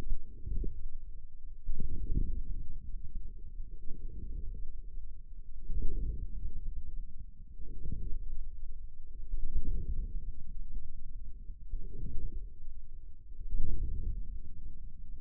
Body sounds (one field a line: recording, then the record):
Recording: forearm muscle sounds (acoustic myography)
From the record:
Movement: inward rotation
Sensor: system 2, bracelet of six BSWA MPA416 microphones around the upper forearm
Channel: 6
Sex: male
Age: 22 years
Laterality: right